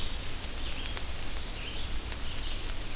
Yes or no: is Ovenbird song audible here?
no